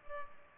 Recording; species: mosquito wingbeat signal from an infrared sensor; Culex pipiens